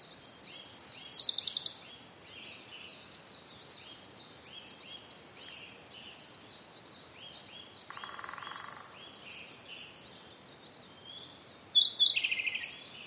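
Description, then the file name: Siberian blue robin giving two songs, each a fast, loud, high trill, one early and one near the end, with soft ticks before the second and a dense bird chorus throughout. "koruri"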